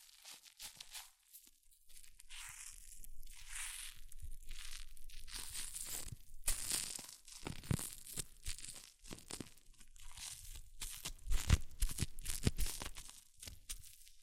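Hair mousse fizzes and crackles in dense, bright bursts that swell and fade every second or so, with crinkly, tearing-like textures throughout. The foam gets louder and busier after about six seconds, with a few sharper pops and low thumps near eleven to thirteen seconds.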